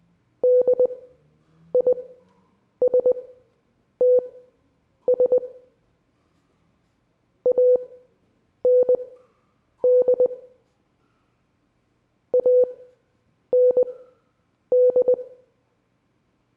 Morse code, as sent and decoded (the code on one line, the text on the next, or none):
-.. .. ... - ... / .- -. -.. / .- -. -..
DISTS AND AND